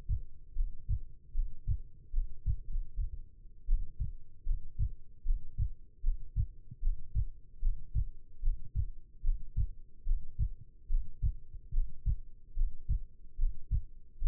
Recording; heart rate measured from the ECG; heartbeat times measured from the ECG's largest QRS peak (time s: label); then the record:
heart sounds by stethoscope; 75 bpm
0.54 s: heartbeat
1.33 s: heartbeat
2.12 s: heartbeat
2.66 s: heartbeat
3.67 s: heartbeat
4.44 s: heartbeat
5.24 s: heartbeat
6.02 s: heartbeat
6.81 s: heartbeat
7.60 s: heartbeat
8.41 s: heartbeat
9.22 s: heartbeat
10.05 s: heartbeat
10.88 s: heartbeat
11.72 s: heartbeat
12.55 s: heartbeat
13.37 s: heartbeat
14.20 s: heartbeat
From the record:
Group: healthy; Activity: Valsalva maneuver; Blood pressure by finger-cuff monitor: 106/74 mmHg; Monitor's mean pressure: 81 mmHg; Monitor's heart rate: 72 bpm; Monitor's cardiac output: 5.1 L/min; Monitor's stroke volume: 69 mL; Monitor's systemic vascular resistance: 1140 dyn s/cm5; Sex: female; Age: 22 years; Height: 171 cm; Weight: 65.6 kg